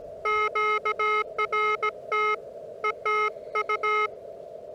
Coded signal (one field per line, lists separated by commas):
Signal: Morse code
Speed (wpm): 17 wpm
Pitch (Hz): 1280 Hz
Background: none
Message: QRT ETU